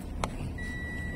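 A driver whose car has been warning that he has no seatbelt on fastens the metal seatbelt tongue into the car's seatbelt buckle. A sharp, short click is heard at 0.2 s as it seats, followed by a steady electronic tone from about 0.6 s over a low vehicle rumble.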